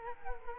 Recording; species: mosquito wingbeat signal from an infrared sensor; Culex quinquefasciatus